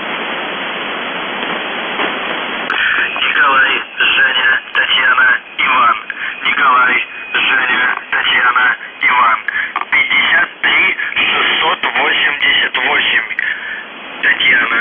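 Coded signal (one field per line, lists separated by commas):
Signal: numbers station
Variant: UVB-76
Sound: brief radio hiss, then a voice reading short words with pauses over shortwave static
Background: radio static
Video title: The Buzzer/UVB-76(4625Khz) June 28, 2021 08:11UTC Voice message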